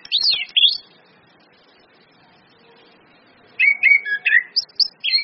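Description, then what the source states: Orange-headed thrush song in two quick clusters of sweet, slurred whistles, separated by about three seconds of near silence. Indonesian bird-training lure recording (pancingan, masteran) of ngeplong-style song plus female whistles (suitan betina), meant to make birds sing actively (gacor).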